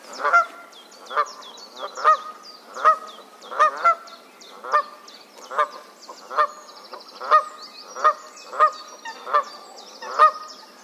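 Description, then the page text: Canada goose honking, loud honks repeated roughly every second, with high chirping of other small birds above. "Herman van der Meer - Канадская казарка (Branta canadensis)"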